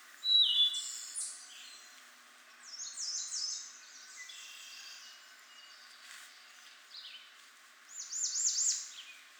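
Wood thrush singing: clear fluted notes and several rapid descending whistled phrases, then a high, buzzy trill, with soft background hiss.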